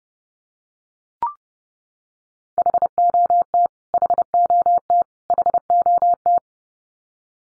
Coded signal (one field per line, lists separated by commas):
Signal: Morse code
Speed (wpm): 30 wpm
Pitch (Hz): 700 Hz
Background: none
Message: HOT HOT HOT